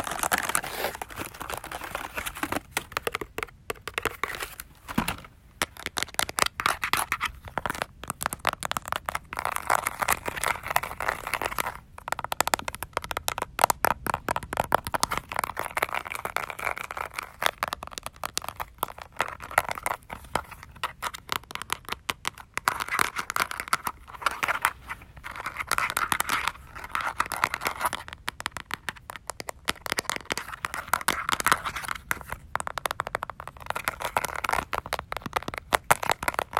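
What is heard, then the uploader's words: Quick tapping and scratching run throughout, with dense crinkling that crackles in bursts and rarely pauses for long. The sounds are bright, sitting over a faint low rumble. Several denser stretches of rustling build up around the middle and toward the end. Tapping, scratching, crinkling and fluffing.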